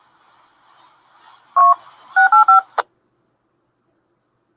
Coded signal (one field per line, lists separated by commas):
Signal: DTMF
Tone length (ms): 120 ms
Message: 685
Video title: News and Net Hawaii Ham Radio Kailua Kona